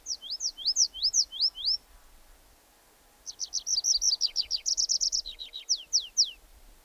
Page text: Звуки птиц - Лесной конек